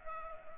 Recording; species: mosquito wingbeat signal from an infrared sensor; Culex pipiens